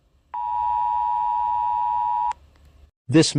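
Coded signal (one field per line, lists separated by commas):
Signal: Emergency Alert System (SAME) tones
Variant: 853 and 960 Hz attention tone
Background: speech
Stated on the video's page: Fictional EAS scenario.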